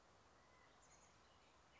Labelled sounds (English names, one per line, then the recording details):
Chestnut-backed Chickadee
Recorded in Sonoma County, California